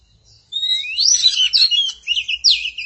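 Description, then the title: Magpie-robin or shama singing a fast jumble of high whistles, trills and buzzy slurs. "Suara Burung Murai"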